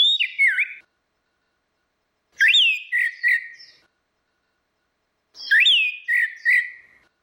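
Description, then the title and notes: Orange-headed thrush song: three loud whistled phrases, each a swooping note followed by two short bright notes, repeated about every three seconds with silence between. Continuous singing style (ngeplong); a masteran recording used for training other birds. "Anis Kembang 5. Suara Burung Anis Merah Ngeplong - Versi 6. Masteran Anis Kembang"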